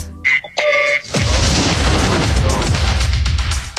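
A couple of short electronic tones give way to a loud explosion that bursts in and keeps roaring, a dense rumbling, crackling blast sustained to the end.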